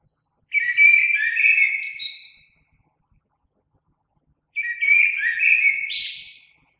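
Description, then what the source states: Common blackbird song: two short fluted phrases about four seconds apart, each a warm warble closing in a high squeaky twitter, with silence between. Recorded 3 March 2020.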